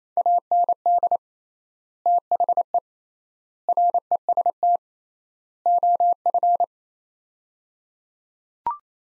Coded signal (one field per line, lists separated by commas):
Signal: Morse code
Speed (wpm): 27 wpm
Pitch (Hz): 700 Hz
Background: none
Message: AND THE REST OF